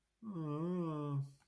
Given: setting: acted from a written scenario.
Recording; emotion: vocal sound without words; sadness